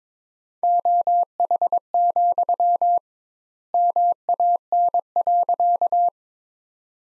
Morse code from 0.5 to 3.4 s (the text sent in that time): OH,